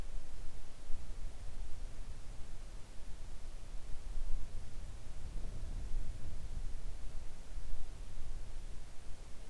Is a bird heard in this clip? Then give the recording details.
no. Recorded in the Arctic National Wildlife Refuge, Alaska, on 3 August 2019 at 05:10. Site 41